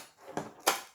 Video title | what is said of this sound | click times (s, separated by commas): Boatman Actor MK4i Baitboat part 1 - unboxing | that just clicks back into place | 0.7 s